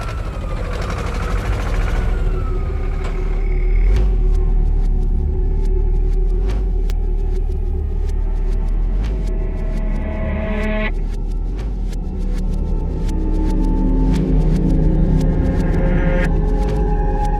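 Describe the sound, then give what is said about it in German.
A heavy engine rumbles steadily throughout, a deep low drone layered with shifting mechanical tones and sharp intermittent clicks and rattles, like a tractor running under load. “Die Lichter. Wo? Der Traktor.”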